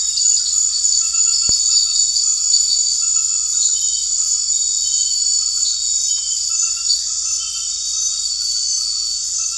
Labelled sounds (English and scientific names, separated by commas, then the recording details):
none
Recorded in secondary vegetation near Puerto Asís, Putumayo, Colombia, on 9 March 2025 at 20:00
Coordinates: 0.499, -76.323
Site G094